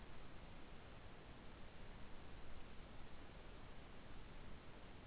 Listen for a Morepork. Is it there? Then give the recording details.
no. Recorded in New Zealand. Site Taranaki